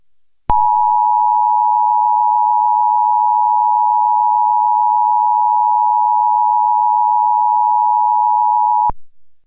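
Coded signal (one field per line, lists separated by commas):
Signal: Emergency Alert System (SAME) tones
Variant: 853 and 960 Hz attention tone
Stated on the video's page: Fake EAS fire warning.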